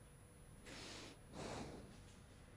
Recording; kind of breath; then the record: one breath in and out by a microphone near the nose and mouth; normal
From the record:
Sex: male